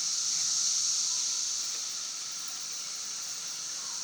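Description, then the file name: Shrill, even cicada buzzing, a steady high hiss that eases slightly after the first second and then stays level. Several cicadas recorded at Broken Rock Falls on 11 June 2016 at 5:12 pm. "Cicadas at Broken Rock Falls 2016-06-11 512 pm"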